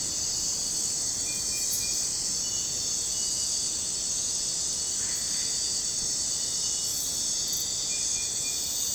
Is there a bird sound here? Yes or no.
no